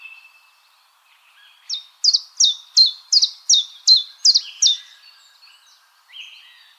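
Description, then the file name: Common chiffchaff delivering one strophe of about nine clipped, high, falling notes at an even pace, framed by faint softer calls. "Golosa ptic - Penochka-tenkovka Phylloscopus collybita"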